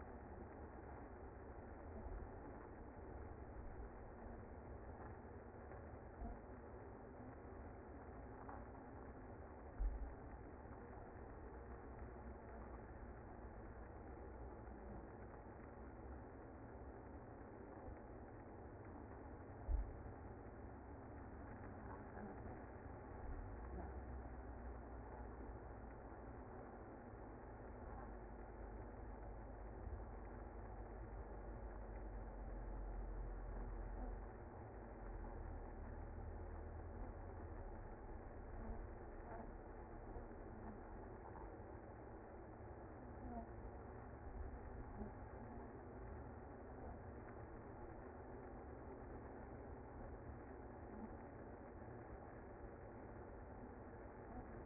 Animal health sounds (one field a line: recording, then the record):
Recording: honeybee colony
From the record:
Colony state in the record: active